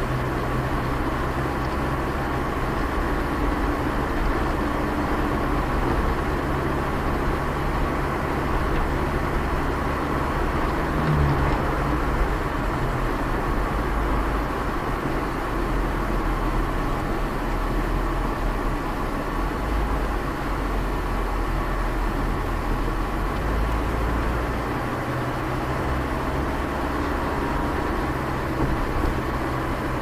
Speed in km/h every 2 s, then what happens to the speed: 42, 44, 47, 48, 49, 49, 47, 44, 39, 36, 32, 29, 29, 31, 32.
0-10 speeds up to 49. 10-22 slows to 29. 22-30 steady at about 29.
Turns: none.